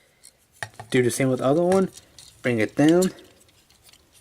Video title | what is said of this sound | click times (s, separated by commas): Transformers RiD deployers Overload with Minicon Backtrack | You're gonna hear a click. | 0.6 s